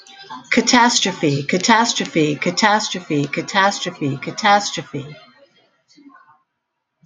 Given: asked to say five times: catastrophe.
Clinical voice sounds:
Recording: repeated word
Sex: female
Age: 60 to 69 years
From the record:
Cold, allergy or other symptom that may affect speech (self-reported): no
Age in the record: 64 years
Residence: New Jersey, United States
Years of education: 14

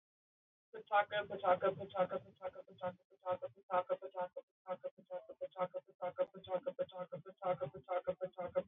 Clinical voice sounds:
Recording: repeated syllables /pa ta ka/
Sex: female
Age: 20 to 29 years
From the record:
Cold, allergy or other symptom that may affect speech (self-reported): no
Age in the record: 24 years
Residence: Colorado, United States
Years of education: 13

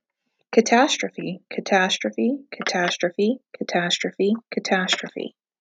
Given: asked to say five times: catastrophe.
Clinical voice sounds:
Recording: repeated word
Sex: female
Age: 30 to 39 years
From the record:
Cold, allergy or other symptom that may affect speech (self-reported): no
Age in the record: 35 years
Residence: Pennsylvania, United States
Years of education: 16

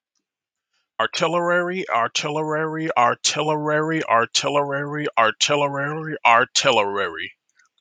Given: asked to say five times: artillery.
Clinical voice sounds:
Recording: repeated word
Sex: male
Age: 30 to 39 years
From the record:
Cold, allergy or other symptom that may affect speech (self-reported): no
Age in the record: 39 years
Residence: Massachusetts, United States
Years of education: 14

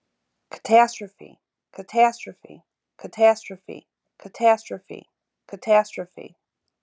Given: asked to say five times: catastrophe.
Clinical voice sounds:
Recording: repeated word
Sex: female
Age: 50 to 59 years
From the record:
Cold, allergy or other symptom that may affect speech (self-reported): no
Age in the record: 54 years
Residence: New York, United States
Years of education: 14

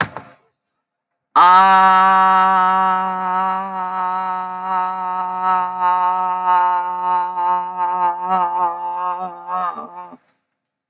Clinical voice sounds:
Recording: vowel held as long as possible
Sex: female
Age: 50 to 59 years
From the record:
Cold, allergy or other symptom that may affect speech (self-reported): no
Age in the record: 58 years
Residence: Alabama, United States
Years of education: 14

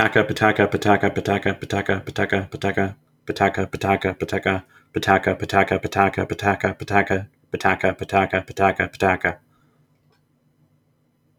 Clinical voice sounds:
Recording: repeated syllables /pa ta ka/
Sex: male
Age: 30 to 39 years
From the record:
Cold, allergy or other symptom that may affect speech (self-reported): no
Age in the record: 32 years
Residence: Virginia, United States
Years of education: 12

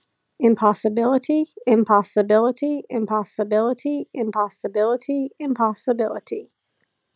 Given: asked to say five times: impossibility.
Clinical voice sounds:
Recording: repeated word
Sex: female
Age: 30 to 39 years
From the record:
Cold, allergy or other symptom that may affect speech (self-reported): no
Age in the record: 36 years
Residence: Tennessee, United States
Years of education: 19

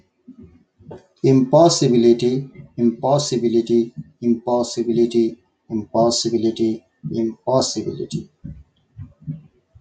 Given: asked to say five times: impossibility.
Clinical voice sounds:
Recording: repeated word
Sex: male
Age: 40 to 49 years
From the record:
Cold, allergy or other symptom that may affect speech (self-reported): no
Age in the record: 45 years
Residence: New York, United States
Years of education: 16

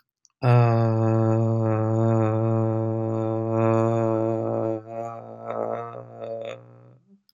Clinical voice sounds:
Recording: vowel held as long as possible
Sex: male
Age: 40 to 49 years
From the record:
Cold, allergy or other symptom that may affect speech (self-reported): no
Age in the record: 44 years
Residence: California, United States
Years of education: 16

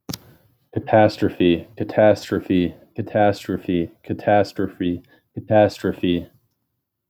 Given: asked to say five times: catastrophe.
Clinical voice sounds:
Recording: repeated word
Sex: male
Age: 20 to 29 years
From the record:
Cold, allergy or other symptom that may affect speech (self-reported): no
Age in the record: 23 years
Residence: Minnesota, United States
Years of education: 16

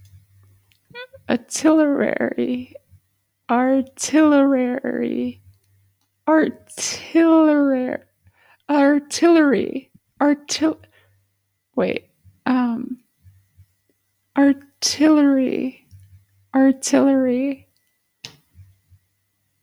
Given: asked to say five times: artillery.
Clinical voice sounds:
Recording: repeated word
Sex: female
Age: 20 to 29 years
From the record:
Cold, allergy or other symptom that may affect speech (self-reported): no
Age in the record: 20 years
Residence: Alaska, United States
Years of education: 12

